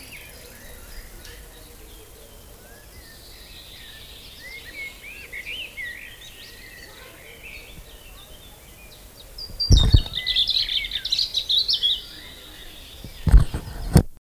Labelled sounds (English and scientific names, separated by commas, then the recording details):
European Robin (Erithacus rubecula) song
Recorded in the wild
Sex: male
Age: adult
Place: Lübars (Fließtal), Berlin, DE
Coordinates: 52.6167, 13.35
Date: 2000-05-14 18:25
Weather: fair, ca. 23°C
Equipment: Nagra SN, Kopie Uher 4000 Report Monitor
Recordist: Tembrock, Günter